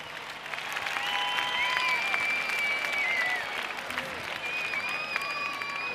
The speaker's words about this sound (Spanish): Un aplauso para esta tremenda banda. Los mejores.